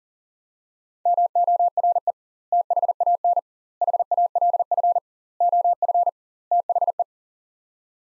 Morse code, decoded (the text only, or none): MORE THAN HALF OF THE